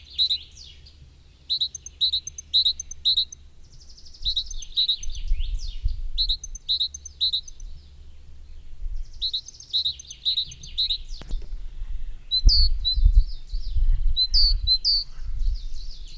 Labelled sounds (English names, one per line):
Coal Tit song